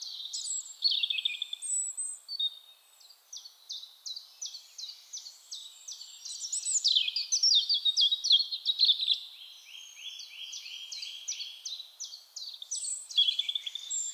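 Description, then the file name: European robin song, a long run of high, thin, tumbling phrases mixing sharp descending ticks with sweet warbled notes, fluctuating in loudness with brief pauses between bursts. "Erithacus rubecula"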